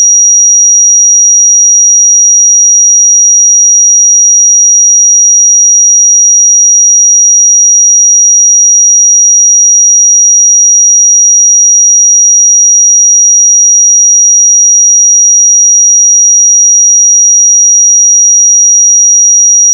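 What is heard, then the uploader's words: A pure sine tone at 5746 Hz holds perfectly steady for the full twenty seconds, a single thin, bright, high whistle. Its loudness never changes, and there are no pulses, breaks or background sounds of any kind. 5746 Hz 1 Hz Interval Sine Pure Tone Frequency 441000 Sample Mono.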